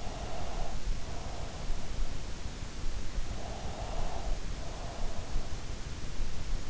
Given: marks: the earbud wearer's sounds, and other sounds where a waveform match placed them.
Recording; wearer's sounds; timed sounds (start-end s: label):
sounds in sleep by an in-ear microphone; breath
0.02-1.45 s: breath
3.35-5.29 s: breath